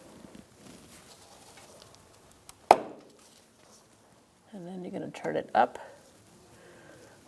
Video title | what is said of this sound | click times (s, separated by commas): How to Replace Vapor Canister Purge Solenoid Valve 2007-2017 Ford Expedition | or counterclockwise to lock it. | 2.7 s